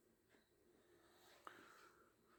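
A wiring connector is pushed onto the driver's door window switch of a Peugeot 208, and its red locking lever is moved in to draw the connector down into its seat. A single sharp, short click at 1.5 seconds stands out above low background noise, and the connector locks into place.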